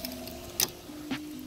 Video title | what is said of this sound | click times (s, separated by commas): How to: Install wiper blades on a 2013 Ford F-150 | it locks it into place oops there this locked into place and perfect | 0.6 s